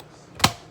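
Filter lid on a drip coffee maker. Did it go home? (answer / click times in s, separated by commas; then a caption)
yes / 0.4 s. The plastic lid over the filter basket of a Mainstay drip coffee maker is closed and latches shut with a single sharp click at 0.4 s against quiet background. The lid is confirmed closed.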